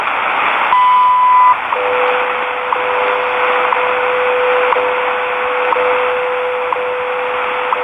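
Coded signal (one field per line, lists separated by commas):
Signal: radio time signal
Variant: WWV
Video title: WWV, 10 MHz from San Francisco, California -- 3:12, 5 May 2020 (UTC)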